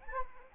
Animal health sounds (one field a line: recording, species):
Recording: mosquito wingbeat signal from an infrared sensor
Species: Anopheles arabiensis